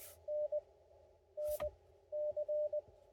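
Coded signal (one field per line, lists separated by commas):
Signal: Morse code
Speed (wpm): 21 wpm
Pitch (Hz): 590 Hz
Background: radio noise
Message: N N C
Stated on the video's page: QRP CW Parks On The Air activation with an ICOM IC-705 and a Gabil GRA-7350TC antenna; bad QSB (fading) and poor weather.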